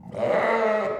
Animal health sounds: contact call of a hoofed animal; sheep; low-frequency (closed-mouth) or high-frequency (open-mouth) call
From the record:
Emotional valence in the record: positive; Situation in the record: reunion with pen mate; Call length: 1.00 s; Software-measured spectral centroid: 1330 Hz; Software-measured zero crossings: 1430 a second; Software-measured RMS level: -24 dBFS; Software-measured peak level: -10 dBFS

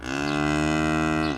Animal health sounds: contact call of a hoofed animal; cattle; low-frequency (closed-mouth) or high-frequency (open-mouth) call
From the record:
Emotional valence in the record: negative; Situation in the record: full separation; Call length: 1.38 s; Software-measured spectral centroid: 2220 Hz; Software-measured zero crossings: 1950 a second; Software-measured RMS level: -24 dBFS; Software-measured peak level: -11 dBFS

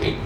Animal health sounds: contact call of a hoofed animal; pig; closed-mouth grunt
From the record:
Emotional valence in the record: positive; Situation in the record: food and toys in familiar pen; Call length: 0.25 s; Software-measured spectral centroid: 1890 Hz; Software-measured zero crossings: 1660 a second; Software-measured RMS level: -24 dBFS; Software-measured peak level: -9 dBFS

